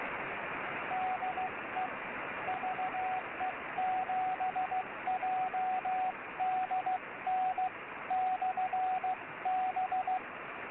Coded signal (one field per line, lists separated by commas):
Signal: Morse code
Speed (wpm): 15 wpm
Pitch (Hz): 750 Hz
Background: radio noise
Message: DE VE7JDN /B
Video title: VE7JDN 10M Beacon